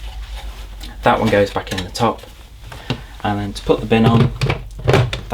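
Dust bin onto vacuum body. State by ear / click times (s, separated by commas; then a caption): seated / 5.1 s. On a Shark NV602UKT corded vacuum cleaner, the refitted filter goes back in the top and the plastic dust bin is located at the front and pushed back onto the vacuum body while someone talks. Short knocks and handling sounds lead up to a sharp click at 5.1 s as the bin seats back into place.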